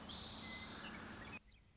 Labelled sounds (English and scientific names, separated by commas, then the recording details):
Western Meadowlark (Sturnella neglecta)
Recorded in Sonoma County, California